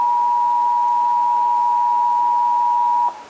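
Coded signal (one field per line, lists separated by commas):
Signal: Emergency Alert System (SAME) tones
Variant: 853 and 960 Hz attention tone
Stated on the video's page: Texas required monthly test, heard on several radio and TV stations.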